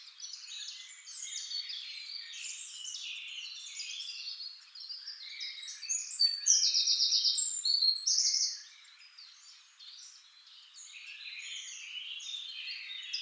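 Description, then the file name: Eurasian wren song: a loud, dense, high trill midway, amid busy high-pitched twittering throughout. "Troglodytes troglodytes"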